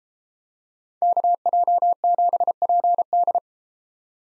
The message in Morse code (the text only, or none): KJ7PD